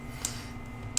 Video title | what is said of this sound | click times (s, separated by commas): 8-18-2020 - Let's Click Together: Lego Set #75952 Newt's Case of Magical Creatures Part 2 | That was a nice click, though. It wasn't a snap, but it was a click. | 1.0 s